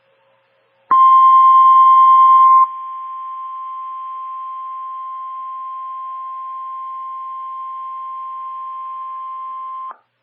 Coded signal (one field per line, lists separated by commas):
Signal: Emergency Alert System (SAME) tones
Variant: 1050 Hz attention tone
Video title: EAS 3x Iowa Required Monthly Test NWS Sioux Falls/Des Moines Required Weekly Test NOAA Weather Radio